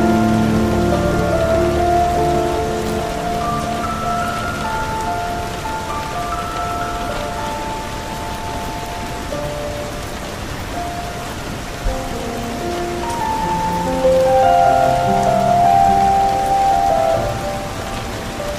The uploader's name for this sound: rainy classic ambience